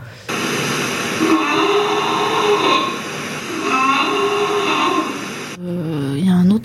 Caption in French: Diminuer le passage de l'air au niveau du larynx, ça produit un bruit nocturne qu'on appelle le stridor.